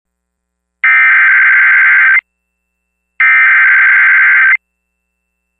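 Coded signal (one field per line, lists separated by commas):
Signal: Emergency Alert System (SAME) tones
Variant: header bursts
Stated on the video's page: Personally captured real EAS alerts.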